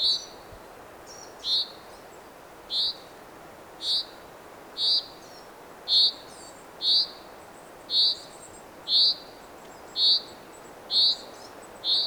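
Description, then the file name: Common chaffinch repeating a short, sharp high call many times at a steady pace, each note clean, over quiet steady hiss. "Fringilla coelebs"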